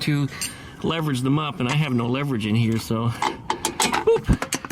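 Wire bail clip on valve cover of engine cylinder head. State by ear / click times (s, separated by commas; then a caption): seated / 3.5 s, 4.5 s. On a 1971 VW Type-3 Squareback 1600 Variant's air-cooled engine, the steel valve cover is lined up on the cylinder head and the wire bail clip is pushed up by hand, without a wrench for leverage, while someone talks. Sharp snaps are heard at 3.5 s and 4.5 s as the bail clip snaps over the cover and it is locked in place.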